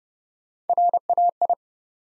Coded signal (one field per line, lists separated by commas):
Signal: Morse code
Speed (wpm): 30 wpm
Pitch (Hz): 700 Hz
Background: none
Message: RAI